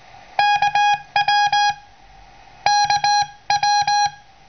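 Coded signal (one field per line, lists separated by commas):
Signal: Morse code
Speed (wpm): 19 wpm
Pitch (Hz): 1650 Hz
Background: none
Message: KW KW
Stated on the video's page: CW contact between a homebrew SW40 transceiver and a station running 1 kW.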